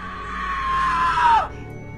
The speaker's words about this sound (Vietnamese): Thế rồi cho đến khi có tiếng người hét thảm thiết vang lên.